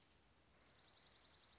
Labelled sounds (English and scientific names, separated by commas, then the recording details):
Dark-eyed Junco (Junco hyemalis)
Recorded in Sonoma County, California